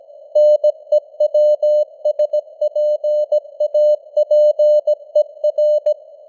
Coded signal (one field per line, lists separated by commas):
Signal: Morse code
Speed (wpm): 17 wpm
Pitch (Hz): 600 Hz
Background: none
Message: NEWSPAPER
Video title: Morse Code News | 2025-11-14 | 17wpm